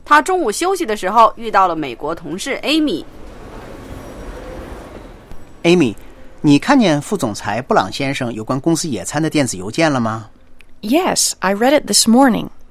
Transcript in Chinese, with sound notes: 他午间休息遇到了美国同事 Amy。 (Office ambience) C：Amy, 你看见副总裁布朗先生有关公司野餐的电子邮件了吗？
A：Yes, I read it this morning.